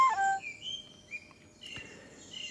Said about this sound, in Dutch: Hier horen we een Amsterdamse zanglijster in duet met Ulrike Peukert op dwarsfluit.